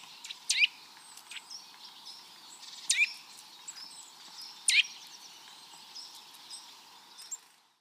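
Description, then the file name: Eurasian nuthatch calls: three sharp, high downslurred notes spaced about two seconds apart, with a faint last one near the end, over a steady hum. "Sitta europaea"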